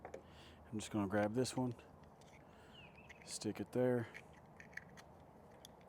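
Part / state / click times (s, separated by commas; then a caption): tail light wiring plug into harness connector / seated / 4.8 s. Someone talks while a plastic tail light wiring plug for Morimoto XB tail lights with a backup light boost bar is pushed into the number one harness connector on the other side. A short, sharp click at 4.8 s marks the plug seating in place.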